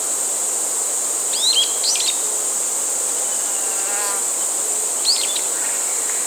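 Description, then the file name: Brown-eared bulbul calls, sharp hooked high notes in two quick bursts early and one more near the end, over a steady high insect drone. 27 July 2016. "Ixos amaurotis"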